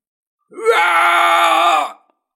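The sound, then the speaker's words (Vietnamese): A man, the character Mạnh Thiên Chính, lets out a single sustained battle scream, rising sharply at the start and then holding a loud, strained, steady pitch for over a second before cutting off. “Mạnh Thiên Chính thét dài, bởi vì không còn thời gian nữa, hắn phải liều mạng, vận dụng sức mạnh mạnh nhất.”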